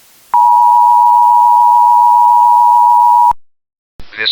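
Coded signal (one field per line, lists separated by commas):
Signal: Emergency Alert System (SAME) tones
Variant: 853 and 960 Hz attention tone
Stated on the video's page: Fictional analog-horror EAS scenario; nothing real was broadcast.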